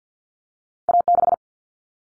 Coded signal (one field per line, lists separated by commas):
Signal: Morse code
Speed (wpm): 50 wpm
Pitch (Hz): 700 Hz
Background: none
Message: A6